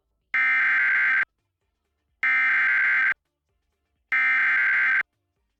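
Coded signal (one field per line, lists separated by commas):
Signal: Emergency Alert System (SAME) tones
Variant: header bursts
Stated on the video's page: Failed Severe Thunderstorm Warning EAS activation on a TV broadcast, with an extra weather-radio style tone after the attention tone.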